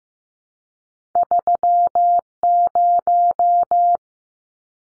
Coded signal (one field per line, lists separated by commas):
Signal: Morse code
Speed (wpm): 15 wpm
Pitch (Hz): 700 Hz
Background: none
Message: 30